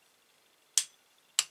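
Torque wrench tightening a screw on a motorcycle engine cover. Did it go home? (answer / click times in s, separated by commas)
yes / 0.8 s, 1.4 s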